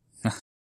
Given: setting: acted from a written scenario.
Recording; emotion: vocal sound without words; triumph